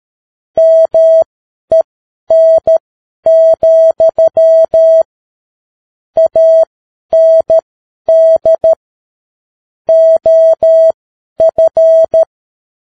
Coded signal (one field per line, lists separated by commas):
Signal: Morse code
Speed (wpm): 13 wpm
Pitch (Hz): 650 Hz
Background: none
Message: MEN, AND OF